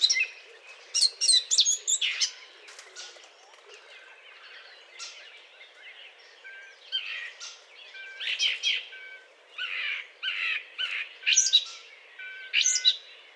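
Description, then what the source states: Eurasian blackcap song in irregular bursts: scratchy, varied chattering phrases with some clearer whistled notes, separated by quieter gaps. Courtship song.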